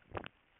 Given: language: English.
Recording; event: throat vibration sensor signal played as sound; swallow